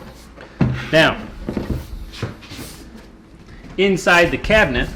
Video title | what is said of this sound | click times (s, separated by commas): Beginners Guide to Lower Cabinet Installation Kitchen Remodel Epi #7 | there's some clips that here pull the clips towards you you'll hear them click and the drawer pops off | 0.4 s, 0.6 s